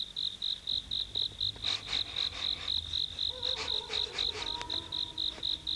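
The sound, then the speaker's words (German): On a warm summer night, a cricket chirps steadily nearby, a rapid, evenly spaced train of high-pitched pulses running the whole time, with a few softer rustling bursts and faint tonal calls mixed in partway through. “Ganz in der Nähe zirpte eine Grille.”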